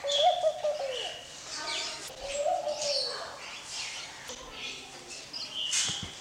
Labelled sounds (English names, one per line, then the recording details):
Laughing Dove courtship call
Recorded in captivity
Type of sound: courtship call
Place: Zoo Berlin, Berlin, DE
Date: 1986-12-30 11:47
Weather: slightly cloudy, bright 5°
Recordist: Tembrock, Günter
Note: 2 Balzfolgen